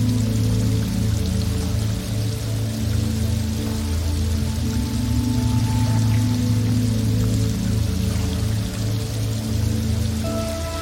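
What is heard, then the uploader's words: Raindrops fall in a steady, dense patter with no pauses across the whole clip. A low, constant rumble and hum sit underneath, and a few brief tones rise faintly around the middle and near the end. Soothing Meditation Rain Music. The sounds of raindrops falling.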